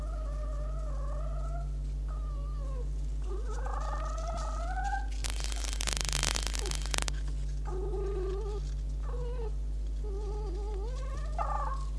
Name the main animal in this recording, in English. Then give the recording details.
Red Fox. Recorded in captivity. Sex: male. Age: adult. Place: Zoologisches Institut der HUB, Berlin, DE. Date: 1956-02-10 20:00. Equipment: Elmetra. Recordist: Tembrock, Günter. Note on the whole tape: Vermutlich Fritz: Knätschen und geschlossenes Knurren; Schluck und Jau: Stoß-Schrei (bei Aufstellen) und helles Keckern. Über Außenleitung in Zimmer 30 aufgenommen. Achtung technische Probleme: Permanentes Netzbrummen und zusätzlich teilweise Knistern ("Brutzeln")